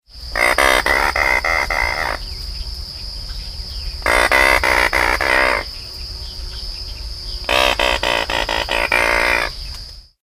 Sound recording of anhinga bird, Everglades National Park, Florida.